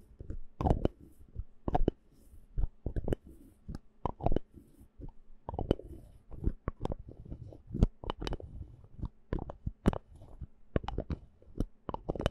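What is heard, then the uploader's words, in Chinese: Bottles and jars knock and clatter against each other in quick, irregular hits, with sharp bright clinks scattered throughout the twelve seconds. Between the strikes come low scraping and rubbing sounds, and a few louder knocks stand out around the middle and end. 瓶瓶罐罐的撞擊.敲擊.抓撓。無人聲。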